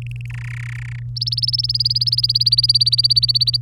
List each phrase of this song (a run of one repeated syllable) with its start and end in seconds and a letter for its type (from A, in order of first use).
0.02-0.26 A, 0.30-0.99 B, 1.16-3.57 C